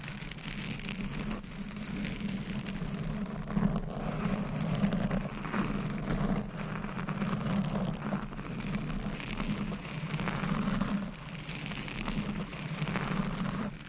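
Mic scratching and brushing sounds run steadily through the whole fourteen seconds, a dense rustling texture with a strong low hum beneath it. Small taps and scrapes flick through irregularly, with slightly louder swells around four, six and ten seconds.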